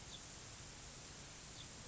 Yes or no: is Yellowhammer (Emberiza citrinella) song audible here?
no